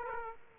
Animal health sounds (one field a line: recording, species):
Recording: mosquito wingbeat signal from an infrared sensor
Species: Aedes aegypti